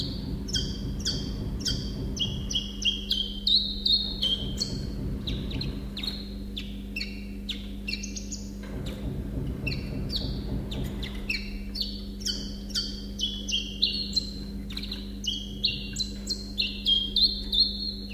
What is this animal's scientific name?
Phylloscopus collybita